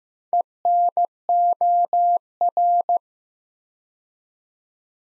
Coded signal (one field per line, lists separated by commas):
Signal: Morse code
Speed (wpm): 15 wpm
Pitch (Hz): 700 Hz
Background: none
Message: ENOR